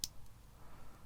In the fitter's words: locks in place.